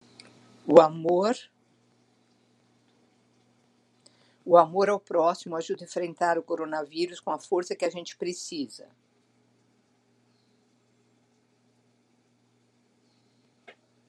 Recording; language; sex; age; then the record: spoken sentence; Brazilian Portuguese; female; 60 to 69 years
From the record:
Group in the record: control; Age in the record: 63 years